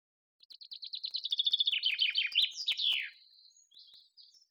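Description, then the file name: Common chaffinch song, a quick run of repeated high notes descending in pitch into a rattling terminal flourish, followed by a few soft high twitters. "Fringilla coelebs"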